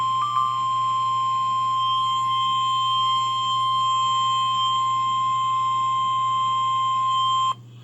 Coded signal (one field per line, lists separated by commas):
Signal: Emergency Alert System (SAME) tones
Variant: 1050 Hz attention tone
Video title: Tropical Storm Warning Galveston, TX Tropical storm Imelda EAS#14